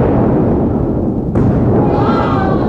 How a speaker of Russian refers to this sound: Ударила молния. Свои стрелы мечет оскорбленный бог Аполлон.